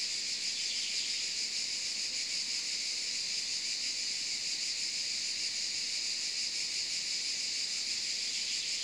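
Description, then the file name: Continuous cicada song, a bright, sizzling hum that stays even from start to finish. In the Maures, Var, France, on 3 July 2024 at 13:30. "rbi-des-maures-var-20240703-133000-cigales"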